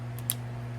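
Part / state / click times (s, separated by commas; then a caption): charger plug into golf cart charging receptacle / seated / 0.3 s. A charger plug is pushed into the plastic charging receptacle of a 48-volt E-Z-Go TXT golf cart fitted with an Eco Battery 105ah 51v "Skinny" bundle B-3281. Over a steady low hum, a faint tick at 0.2 s is followed by a sharp, bright click at 0.3 s. The plug latches and is seated.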